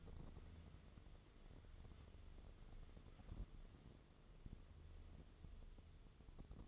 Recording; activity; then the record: daily activity, microphone in the room; wipe stove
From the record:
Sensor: 4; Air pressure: 1015.9 hPa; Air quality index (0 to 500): 112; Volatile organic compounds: 2 ppm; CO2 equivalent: 1255 ppm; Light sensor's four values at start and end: 9/19/7/7 and 9/19/7/7